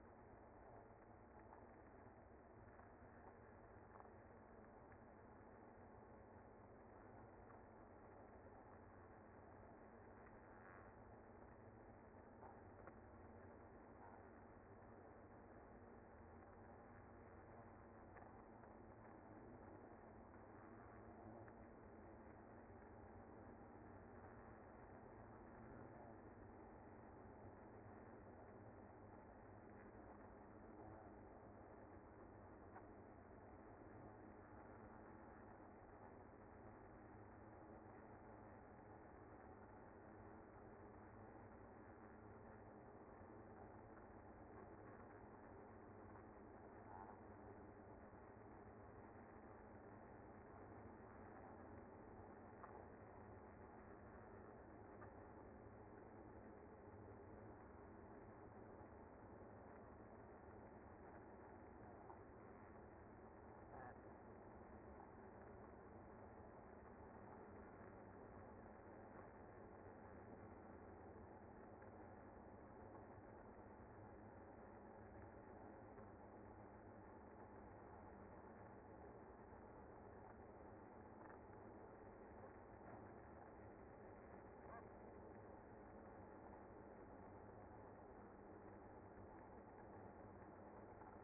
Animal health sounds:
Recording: honeybee colony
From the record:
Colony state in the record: active

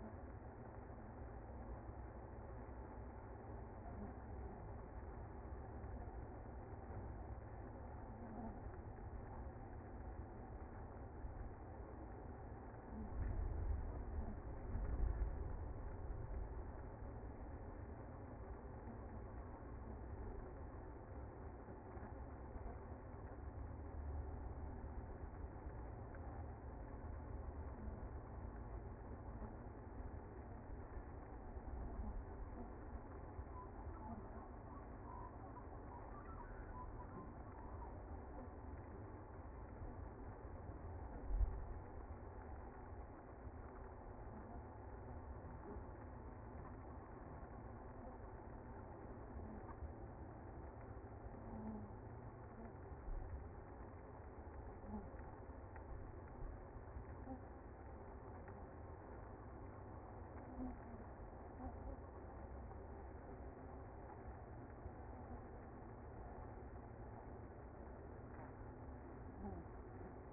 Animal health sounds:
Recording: honeybee colony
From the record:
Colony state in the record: active

